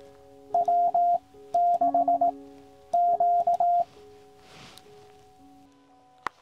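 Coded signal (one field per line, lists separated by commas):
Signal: Morse code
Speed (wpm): 18 wpm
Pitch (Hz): 700 Hz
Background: music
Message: W6Q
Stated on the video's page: QRP CW summit activation with a QCX Mini from Triunfo Lookout, part of a YL special event weekend using special event station calls.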